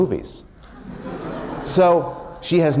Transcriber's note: laughter